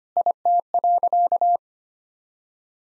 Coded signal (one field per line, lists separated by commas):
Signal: Morse code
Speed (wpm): 25 wpm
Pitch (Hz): 700 Hz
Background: none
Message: IT.